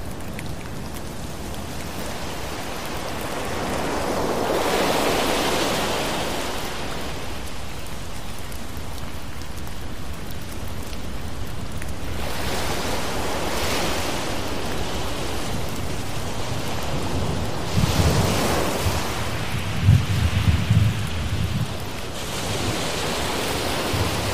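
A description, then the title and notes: Steady rain hisses throughout, with ocean waves swelling and receding in broad washes roughly every five to six seconds. Around twenty seconds a few low, rough thumps rise briefly above the rain before the steady wash returns. Thunderstorm Rain Sounds With Ocean Waves.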